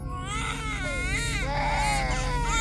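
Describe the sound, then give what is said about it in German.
Babies wail together as they wake up in sleep capsules, in high, rising and falling cries that overlap without pause, loud and continuous over a steady low hum. “Fast zeitgleich wachten die Babys auf.”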